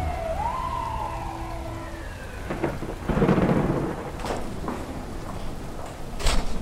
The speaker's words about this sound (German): Vom Nordatlantik zieht eine Sturmfront über die Stadt.